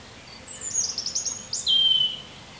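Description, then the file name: European robin song: a rapid, high trill of repeated notes, then a long, pure, slightly falling whistle. "Erithacus rubecula"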